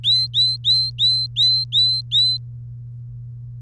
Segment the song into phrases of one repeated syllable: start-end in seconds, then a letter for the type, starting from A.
0.04-2.37 A